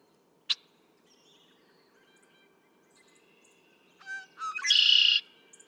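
Red-winged Blackbird song: a sharp click, then quiet background chips, and at the end stuttering notes break into a loud buzzy trill.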